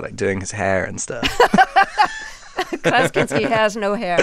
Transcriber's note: laughter